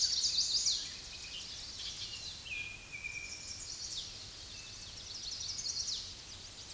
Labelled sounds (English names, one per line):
Chestnut-sided Warbler song